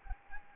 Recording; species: mosquito wingbeat signal from an infrared sensor; Anopheles gambiae